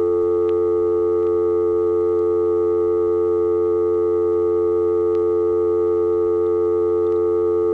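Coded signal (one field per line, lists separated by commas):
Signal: telephone call progress tone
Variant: North America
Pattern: dial tone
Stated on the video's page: Telephone company permanent-signal recordings for phones left off hook, 1971-1983.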